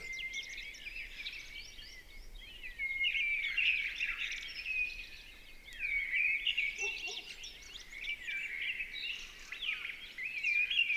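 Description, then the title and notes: Mistle thrush song of rapid whistled and chattering notes in flowing phrases over a steady background hiss. Recorded 28 March 2020 at Val Maravel in stereo with a Nagra LB and MKH40 microphone, with no aircraft noise at the time; bird singing with great vocal fervour. "UNE DRAINE ENCHANTEE. 28 mars 2020-Val Maravel - nagra LB - stéréo - mkh40. la belle Grive draine (Turdus viscivorus) dans toute sa ferveur vocale"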